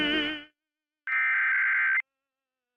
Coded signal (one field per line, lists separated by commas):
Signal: Emergency Alert System (SAME) tones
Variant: header bursts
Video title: KRCA-TV San Luis Obispo Required Monthly Test (EAS #1226) 9/6/23